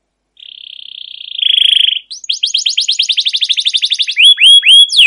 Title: CUIT CUIT NGEROL LANGSUNG GACOR PANJANG Kenari Ini AMPUH Utk Pancingan KENAR. Masteran Suara Burung Kenari Gacor Panjang cuit cuit Ngerol untuk Pancingan Kenari!